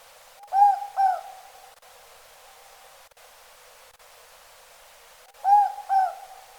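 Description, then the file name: Morepork giving its two-note hooted call, heard twice several seconds apart over a steady hiss. Recorded in pakihi at Okarito, New Zealand, on 22 December 2004. "morepork spel pakihi okarito 2004-12-22"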